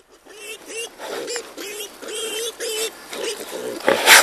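Wild boar grunting: a quick series of short, nasal grunts roughly every half second, ending in a louder, harsher burst.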